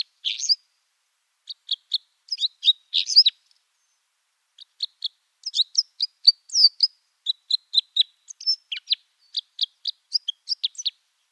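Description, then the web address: Common crossbill song of sharp high chips and twittering notes in quick clusters, broken by a short silence midway. "Schulze Peter Common Crossbill song"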